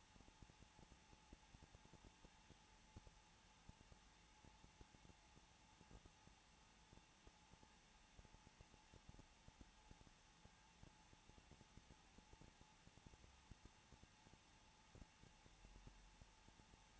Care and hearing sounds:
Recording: daily activity, microphone in the room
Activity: no activity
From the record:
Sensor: 1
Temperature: 20.2 degrees Celsius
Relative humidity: 35.7%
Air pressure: 994.5 hPa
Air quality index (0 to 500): 181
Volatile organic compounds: 7 ppm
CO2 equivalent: 1989 ppm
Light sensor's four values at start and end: 1/2/1/1 and 1/2/1/1

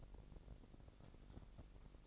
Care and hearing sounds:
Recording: daily activity, microphone in the room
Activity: take from stove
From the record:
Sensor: 5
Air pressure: 999.4 hPa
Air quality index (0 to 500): 224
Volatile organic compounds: 21 ppm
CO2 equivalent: 2735 ppm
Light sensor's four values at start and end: 30/68/28/27 and 31/72/29/28

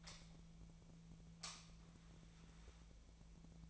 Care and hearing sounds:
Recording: daily activity, microphone in the room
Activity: light on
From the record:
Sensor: 1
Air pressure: 1009.8 hPa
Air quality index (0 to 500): 189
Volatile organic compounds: 17 ppm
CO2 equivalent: 2596 ppm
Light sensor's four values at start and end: 33/83/35/42 and 44/128/52/59

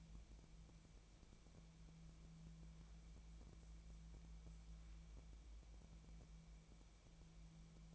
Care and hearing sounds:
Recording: daily activity, microphone in the room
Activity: wipe stove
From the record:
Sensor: 1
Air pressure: 1000.5 hPa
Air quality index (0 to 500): 182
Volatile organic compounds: 4 ppm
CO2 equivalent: 1675 ppm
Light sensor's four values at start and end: 12/28/12/14 and 12/28/12/14

